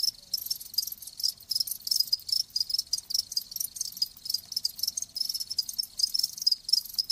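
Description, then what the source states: Cricket: a dense chorus of crickets, rapid high-pitched chirping, steady throughout. Live crickets chirping, as a sleep sound.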